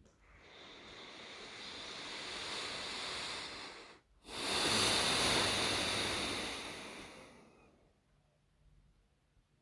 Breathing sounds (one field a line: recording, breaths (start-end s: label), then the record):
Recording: nose breathing near a microphone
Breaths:
0.00-3.99 s: inhalation
3.99-7.94 s: exhalation
From the record:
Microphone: phone